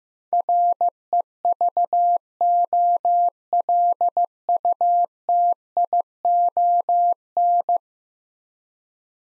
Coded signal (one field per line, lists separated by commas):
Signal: Morse code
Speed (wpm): 15 wpm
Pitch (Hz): 700 Hz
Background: none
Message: REVOLUTION